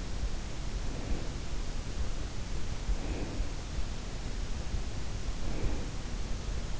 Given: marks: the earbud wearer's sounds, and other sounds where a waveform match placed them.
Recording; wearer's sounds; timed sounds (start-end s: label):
sounds in sleep by an in-ear microphone; breath
0.69-1.79 s: breath
2.69-3.92 s: breath
5.08-6.44 s: breath